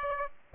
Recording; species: mosquito wingbeat signal from an infrared sensor; Aedes aegypti